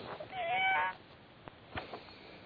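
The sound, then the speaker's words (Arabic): A single drawn-out cat meow with a wavering, whiny pitch comes through a thin, band-limited telephone line during a call into the Egyptian TV talk show Misr El Gedida, followed by faint line noise and a couple of soft clicks. “أنت ابني إيه جايب قطة على التليفون ولا جايب إيه؟”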